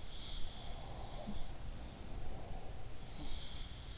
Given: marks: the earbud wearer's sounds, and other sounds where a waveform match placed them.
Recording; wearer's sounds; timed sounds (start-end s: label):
sounds in sleep by an in-ear microphone; breath
0.02-3.98 s: sound from someone else or the room
0.61-3.30 s: breath